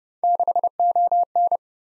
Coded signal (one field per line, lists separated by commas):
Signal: Morse code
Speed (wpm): 29 wpm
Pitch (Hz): 700 Hz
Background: none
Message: 6ON